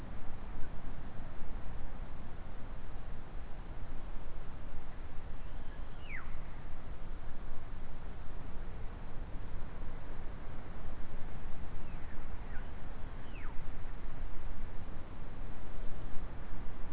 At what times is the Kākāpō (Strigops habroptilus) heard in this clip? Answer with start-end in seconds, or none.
none